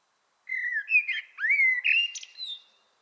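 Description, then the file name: Common blackbird singing a short, fluted warble of several linked whistled notes, rising and falling, closing with a thin, high squeaky flourish. "Turdus merula"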